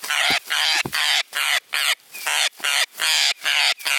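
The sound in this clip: Parrot squawks, raspy, fairly regular calls about two to three per second.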